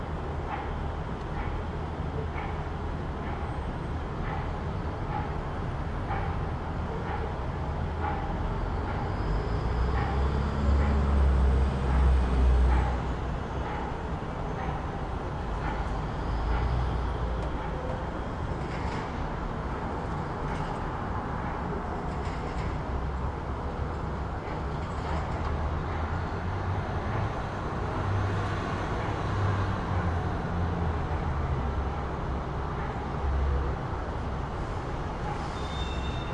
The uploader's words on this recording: Experience the soft ambient sounds of a city winding down for the evening.